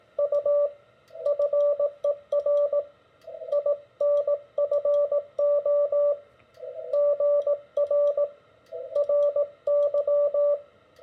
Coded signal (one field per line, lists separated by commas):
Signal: Morse code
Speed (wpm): 18 wpm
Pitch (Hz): 580 Hz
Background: radio noise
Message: U FER INFO GR RY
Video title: What does a CW QSO look like?